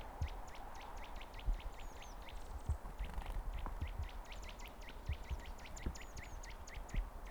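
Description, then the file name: Eurasian nuthatch calling, a fast run of sharp, clipped notes that sweep steeply, repeated several times a second over a low rumble. "Sitta europaea"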